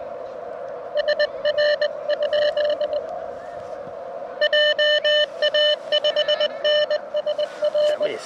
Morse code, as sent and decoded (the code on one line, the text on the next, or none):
... .-. ..--.. / .--- .- ..... -. ... .-.
SR? JA5NSR